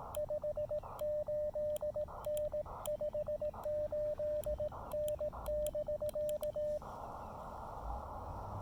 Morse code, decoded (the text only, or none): 58N 58N <BK>